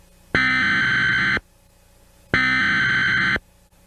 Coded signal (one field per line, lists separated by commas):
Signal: Emergency Alert System (SAME) tones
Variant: header bursts